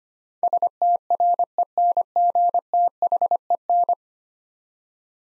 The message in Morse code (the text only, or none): STRENGTHEN